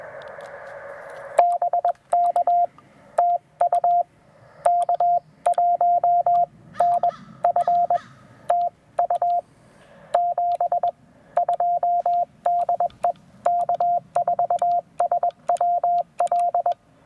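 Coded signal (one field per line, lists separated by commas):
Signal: Morse code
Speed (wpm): 21 wpm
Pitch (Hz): 700 Hz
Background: radio noise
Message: BK TU K1NF TU 72 DE K4SWL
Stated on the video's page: Morse sent with a double paddle on a Penntek TR-45L during a POTA park activation, using a 40-meter end-fed half-wave antenna and battery power.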